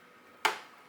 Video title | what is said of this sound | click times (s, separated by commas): DIY Christmas Cards - Free SVG + Step-by-Step Cricut Tutorial | Put it in. You're going to hear it click. | 0.4 s